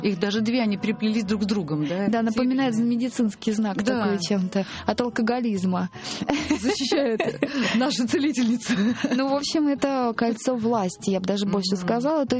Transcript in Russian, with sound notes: Их даже две, они переплелись друг с другом.
Да, напоминает медицинский знак такой чем-то, от алкоголизма. (смеется)
Защищает нашу целительницу.
Ну, в общем, это кольцо власти, я бы даже больше сказала.